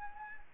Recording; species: mosquito wingbeat signal from an infrared sensor; Anopheles arabiensis